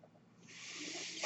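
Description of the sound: A soft hiss of rushing air rises and holds: the airflow of a home mechanical ventilator delivering a breath.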